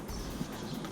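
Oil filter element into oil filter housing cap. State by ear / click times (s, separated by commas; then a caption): not seated / none. The clip end of a new paper oil filter element is pushed into the top of the plastic oil filter housing cap for an Opel/Vauxhall Astra H 1.4 petrol. Low, steady handling noise is heard, with one brief louder sound near the end. Nothing has seated or clicked yet.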